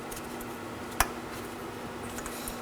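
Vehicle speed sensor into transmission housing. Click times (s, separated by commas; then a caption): 1.0 s. A new vehicle speed sensor is pushed firmly by hand into its bore in the transmission housing of a 2013–2019 Nissan Sentra 1.8L L4. A sharp click sounds at 1.0 s over a steady low hum, and the sensor is seated. Two fainter ticks follow near 2.5 s and 2.7 s.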